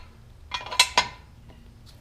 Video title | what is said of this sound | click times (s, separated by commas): MINIs of Maine R-Series On Jackstands | is i lift my jack stand up about one or two clicks | 0.8 s, 1.0 s